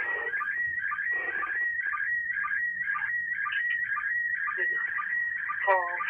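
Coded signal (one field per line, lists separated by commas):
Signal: SSTV (slow-scan television)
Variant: PD 120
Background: speech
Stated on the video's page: SSTV image from the International Space Station passing directly overhead, with unrelated radio communications in the background.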